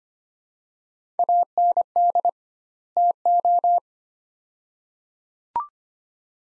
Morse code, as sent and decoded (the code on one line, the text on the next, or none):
.- -. -.. / - ---
AND TO